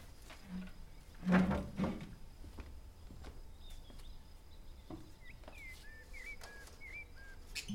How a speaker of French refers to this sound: Tu l'entends, le merle, au fond du jardin ? On dirait des effusions d'ivrogne. C'est vous, l'ivrogne. On dirait qu'il essaie de se rappeler une chanson, mais il n'y arrive pas. Alors il gueule.